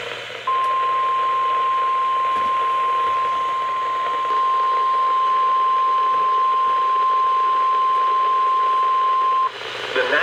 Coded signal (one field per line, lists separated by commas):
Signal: Emergency Alert System (SAME) tones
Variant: 1050 Hz attention tone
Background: speech